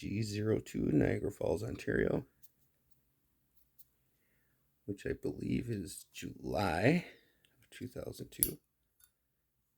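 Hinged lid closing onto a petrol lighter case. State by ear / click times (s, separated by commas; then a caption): seated / 9.0 s. Someone talks while handling a silver-plated Zippo Canada Final Production Run Collector's Edition 20309 petrol lighter, date-coded G02, Niagara Falls, Ontario. At 9.0 s its hinged metal lid snaps shut onto the case with a single sharp click, closing fully with a nice click.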